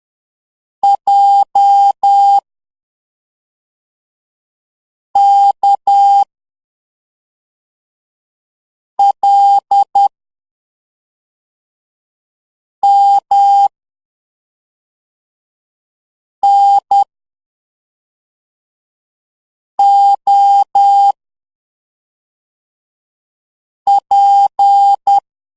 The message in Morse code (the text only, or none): J K L M N O P